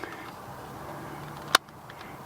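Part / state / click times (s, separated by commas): windshield mount into dash cam body / seated / 1.5 s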